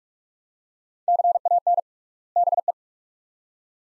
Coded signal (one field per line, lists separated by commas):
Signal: Morse code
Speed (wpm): 42 wpm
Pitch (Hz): 700 Hz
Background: none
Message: CAN BE